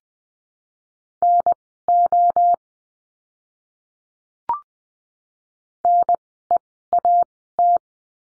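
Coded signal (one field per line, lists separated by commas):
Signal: Morse code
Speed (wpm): 20 wpm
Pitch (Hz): 700 Hz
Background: none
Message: NO NEAT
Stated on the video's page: Morse code course lesson of words for the letter O, sent at Farnsworth speed of 20/10 wpm.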